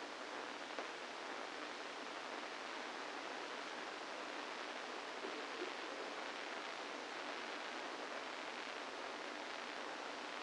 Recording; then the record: brain microelectrode recording played as sound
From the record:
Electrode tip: inside the subthalamic nucleus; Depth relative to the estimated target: -1 mm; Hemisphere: left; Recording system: NeuroSet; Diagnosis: Parkinson's disease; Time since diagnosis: 8 years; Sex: male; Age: 65 years